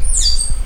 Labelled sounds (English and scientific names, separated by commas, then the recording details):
Stitchbird (Notiomystis cincta) song
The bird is a male
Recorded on Tiritiri Matangi Island, New Zealand, in 2005
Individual 20, of nest box 28